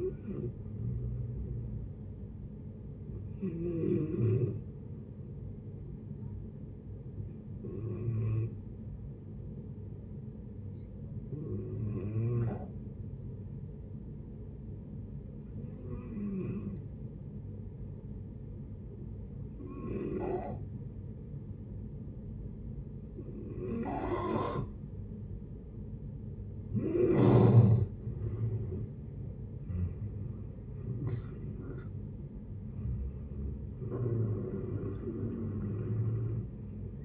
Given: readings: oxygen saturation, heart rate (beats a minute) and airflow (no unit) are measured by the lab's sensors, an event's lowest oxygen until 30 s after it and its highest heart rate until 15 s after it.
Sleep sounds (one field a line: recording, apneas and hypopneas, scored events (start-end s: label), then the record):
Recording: breathing in sleep by a smartphone at the bedside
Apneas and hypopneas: 1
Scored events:
8.00-29.80 s: hypopnea (N2, oxygen 95% highest, then 87% lowest, heart rate 58 at the start, 78 highest)
From the record:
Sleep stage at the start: N2 (light sleep)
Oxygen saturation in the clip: 88 to 95%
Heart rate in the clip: 58 to 79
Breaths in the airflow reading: 10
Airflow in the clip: -10.6 to 14.5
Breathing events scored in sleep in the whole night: 496 in 5.4 hours asleep